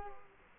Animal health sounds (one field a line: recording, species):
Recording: mosquito wingbeat signal from an infrared sensor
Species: Culex quinquefasciatus